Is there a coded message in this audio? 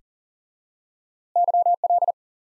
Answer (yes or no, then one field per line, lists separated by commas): yes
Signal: Morse code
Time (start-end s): 1.4-2.1 s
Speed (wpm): 40 wpm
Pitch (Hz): 700 Hz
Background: none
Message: YL